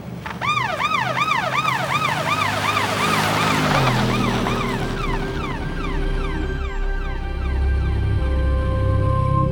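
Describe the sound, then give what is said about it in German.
Wailing ambulance and police car sirens rise and fall in rapid harmonic sweeps, loud at first, then shift to slower, longer wails that gradually fade as the vehicles drive away over steady traffic rumble. “Versuchen Sie, den Streifenwagen nicht zu verlieren.”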